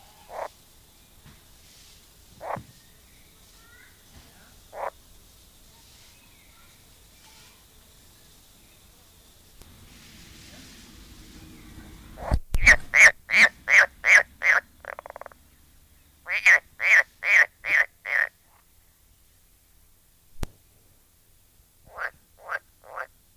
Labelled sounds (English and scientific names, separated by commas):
Edible Frog (Pelophylax esculentus)